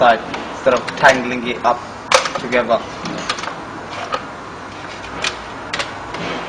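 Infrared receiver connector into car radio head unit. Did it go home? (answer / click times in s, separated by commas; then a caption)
yes / 5.7 s. The plastic connector of an infrared receiver lead is pushed into the back of an OEM BMW E46 car radio head unit while someone talks. A few short, sharp clicks follow, the strongest at 5.7 s, where the connector clicks in and seats.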